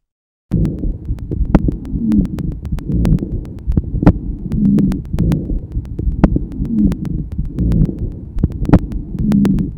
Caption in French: Le roncus est entendu lors de l'expiration. Il s'agit d'un bruit continu dont la fréquence fondamentale est inférieure à 200 Hz.